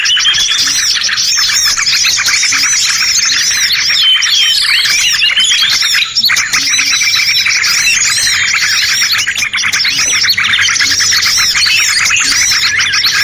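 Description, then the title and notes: Bird chorus of busy, high twittering with rising and falling whistled slurs, dipping briefly around four and six seconds. Compilation of bird lure sounds used to attract stubborn birds that are hard to approach. "Suara Burung Bandel Yang Susah Mendekati. Kompilasi Suara Pikat Burung"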